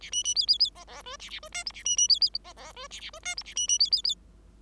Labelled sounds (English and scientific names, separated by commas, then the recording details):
Bengalese Finch (Lonchura striata domestica) song
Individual Bird5